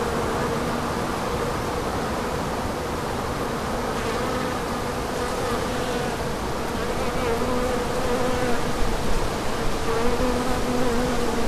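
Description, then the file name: Bee buzzing in a steady, overlapping drone with a low hum and higher harmonic tones that shift slightly, over constant wind rumble that grows a little louder toward the end. Bees on asters in wind, 23 October 2016, MZ-N710 recorder. "Abeilles sur les asters et vent 23 10 16"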